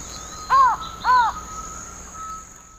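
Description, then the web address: Castelnau's Antshrike giving a pair of harsh, nasal arched notes in quick succession, with a faint steady whine and soft background hiss. Call, from the eastern lowlands of South America. "ENTER Music and Audio. Nature Songs S America Eastern Lowlands. Thamnophilus cryptoleucus, call"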